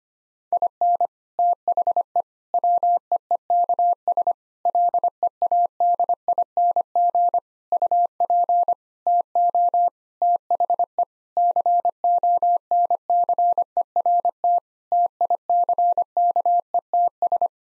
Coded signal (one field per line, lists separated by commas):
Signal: Morse code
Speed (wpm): 25 wpm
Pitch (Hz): 700 Hz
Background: none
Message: IN THE WEEKS LEADING UP TO THE CONCERT TICKETS